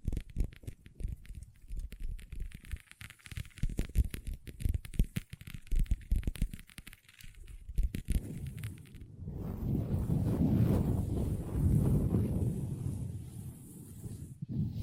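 Long nails tap rapidly on a table for about eight seconds, then give way to a steady, rough, low scratching that continues to the end.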